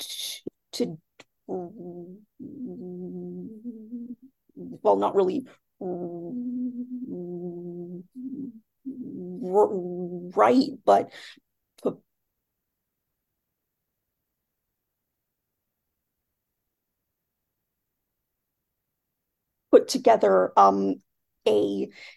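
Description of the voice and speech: An adult woman speaks in broken fragments with long drawn-out voiced stretches, a silent gap of several seconds, and a repeated start on "p-" before "put together." These prolongations, blocks and part-word repetitions fit stuttering.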